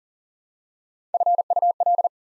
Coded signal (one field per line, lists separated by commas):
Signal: Morse code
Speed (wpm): 42 wpm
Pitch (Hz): 700 Hz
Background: none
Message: FUL